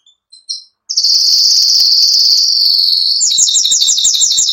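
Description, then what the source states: Canary song: a few short chirps, then a long sustained high trill held for over two seconds, switching into a faster pulsed rattling trill. Spanish giboso canary singing.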